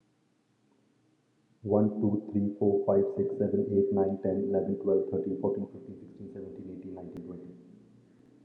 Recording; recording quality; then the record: counting at a fast pace; excellent, no background noise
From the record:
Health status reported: healthy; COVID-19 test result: negative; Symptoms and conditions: cough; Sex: male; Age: 34 years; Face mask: not worn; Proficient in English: yes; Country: India